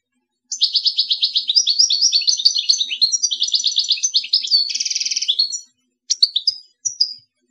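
European goldfinch song, a long continuous run of fast liquid twittering notes with a buzzy rattle near the end, followed by a few short chirps.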